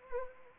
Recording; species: mosquito wingbeat signal from an infrared sensor; Anopheles arabiensis